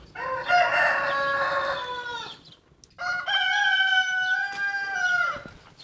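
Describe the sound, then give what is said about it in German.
Two roosters crow one after the other, each a long, loud, harmonic cock-a-doodle-doo of about two and a half seconds, one voice noticeably higher in pitch than the other. “Scheinen zwei zu sein. Der helle und der dunkle Hahn, also von der Stimmlage her, egal.”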